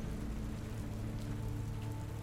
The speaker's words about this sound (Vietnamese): Tiếng mưa bên ngoài như lấn át hết tất cả âm thanh phát ra từ trong căn phòng